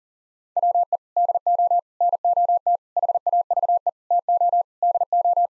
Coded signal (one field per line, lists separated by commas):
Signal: Morse code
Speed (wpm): 37 wpm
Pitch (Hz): 700 Hz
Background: none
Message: WE DO NOT HAVE TO DO